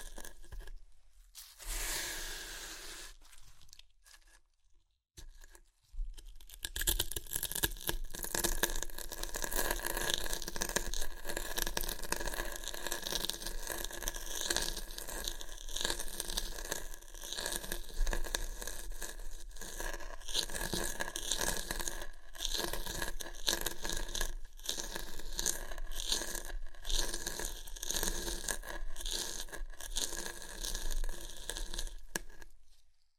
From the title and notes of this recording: ASMR Satisfying Chips Crunchy Crushing & Eating Sounds (No Talking).